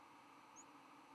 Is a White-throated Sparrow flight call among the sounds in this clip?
no